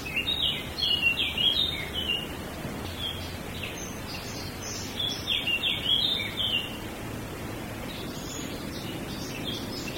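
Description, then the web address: Birds sing bursts of high, quick chirps and twitters, louder near the start and middle, sparser at the end, over a continuous rushing hiss. Small birds in a wood. "audio bosco Uccellini bosco e moscone"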